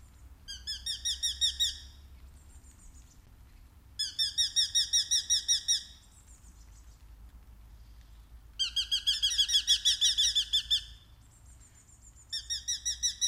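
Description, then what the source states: Eurasian hobby calling in four separate bursts of rapid, piercing 'kew-kew-kew' notes with pauses of a few seconds between them; faint low rumble throughout. Cheerful 'kiikitys' call, a sign of summer.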